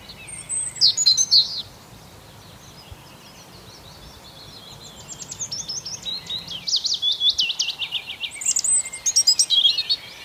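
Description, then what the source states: Birdsong, a short twittering burst, then a quiet stretch, then longer rapid high trilled phrases over faint noise. Birds singing on an early spring morning.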